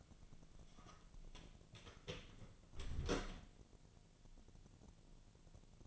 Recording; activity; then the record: daily activity, microphone in the room; close door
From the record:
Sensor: 4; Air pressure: 1001.3 hPa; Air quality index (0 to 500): 184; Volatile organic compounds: 2 ppm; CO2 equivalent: 1312 ppm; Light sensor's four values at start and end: 14/32/13/14 and 16/37/15/15